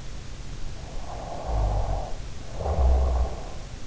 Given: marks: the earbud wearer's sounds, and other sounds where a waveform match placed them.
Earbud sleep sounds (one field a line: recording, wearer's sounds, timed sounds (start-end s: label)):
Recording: sounds in sleep by an in-ear microphone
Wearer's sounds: snoring breath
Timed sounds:
0.79-3.84 s: snoring breath